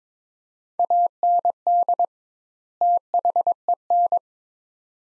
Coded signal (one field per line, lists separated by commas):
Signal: Morse code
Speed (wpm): 21 wpm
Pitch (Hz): 700 Hz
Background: none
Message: AND THEN